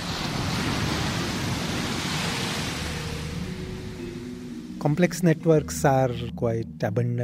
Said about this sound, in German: Dementsprechend lassen sich diese Monsterwellen, die wir hier im Wasser sehen, schon in anderen Bereichen wiederfinden.